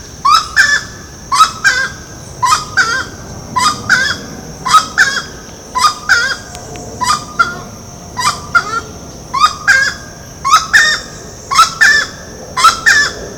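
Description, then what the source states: Grey-cowled wood rail giving loud, raucous doubled honks repeated about once per second throughout. Ibirapuera, São Paulo, Brazil, 6 December 2012.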